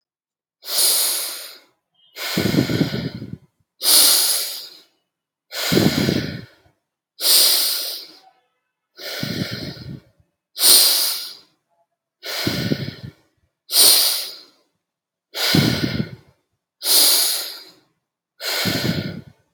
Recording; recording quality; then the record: deep breathing; excellent, no background noise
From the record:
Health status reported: healthy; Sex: male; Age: 29 years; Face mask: not worn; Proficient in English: yes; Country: India